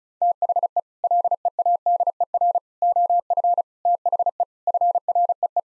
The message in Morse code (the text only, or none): THE LEADER OF THE FREE